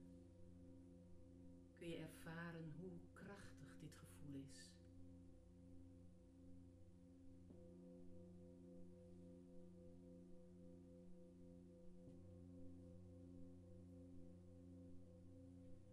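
Singing bowls ring with a steady, layered hum of low and middle tones that carries through the whole clip. Between about two and five seconds, a brighter, busier flurry of strikes and rubbing sounds rises over it. Fresh soft strikes come near eight and twelve seconds.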